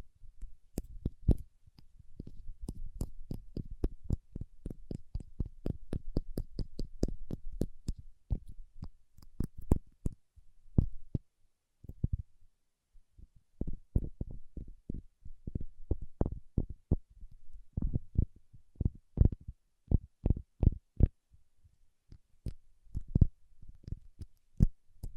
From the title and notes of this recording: ASMR Paraffin Wax Peeling, Tapping and Scratching (No Talking).